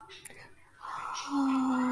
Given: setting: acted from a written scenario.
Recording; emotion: vocal sound without words; awe